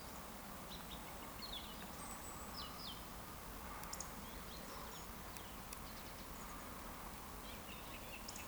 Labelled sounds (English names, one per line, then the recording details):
Eurasian Woodcock whistle
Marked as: whistle, whistle, whistle
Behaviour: display flight
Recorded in Baden-Württemberg, Germany, on 14 June 2020 at 20:07 UTC
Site 14569, 102 m above sea level